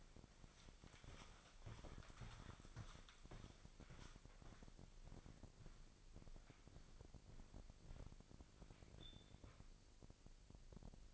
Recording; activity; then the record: daily activity, microphone in the room; walk to room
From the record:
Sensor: 5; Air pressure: 999.6 hPa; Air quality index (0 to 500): 218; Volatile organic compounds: 19 ppm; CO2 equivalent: 2668 ppm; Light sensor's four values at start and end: 33/75/30/29 and 35/81/32/31